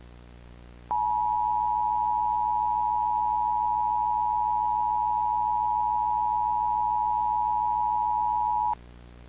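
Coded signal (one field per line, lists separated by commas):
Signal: Emergency Alert System (SAME) tones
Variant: 853 and 960 Hz attention tone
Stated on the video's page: Mock tropical storm warning, not a real alert.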